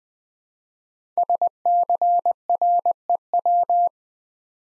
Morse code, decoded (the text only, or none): SCREW